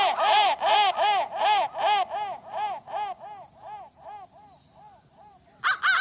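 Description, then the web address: Crow cawing: a fast series of harsh, arched notes that slows and fades, followed by a short burst of loud caws at the end. "soundfactory crow"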